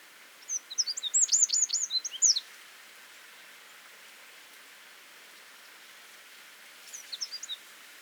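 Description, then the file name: Eurasian wren giving a short, fast run of sharp, high notes for about two seconds, followed by a faint second burst, over steady hiss-like background noise. "Troglodytes troglodytes"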